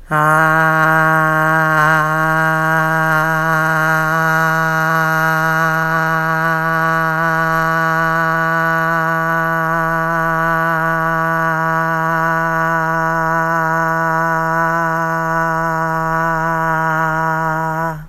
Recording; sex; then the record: sustained vowel /a/; female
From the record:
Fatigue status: no fatigue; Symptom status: asymptomatic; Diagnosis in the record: COVID-19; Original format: m4a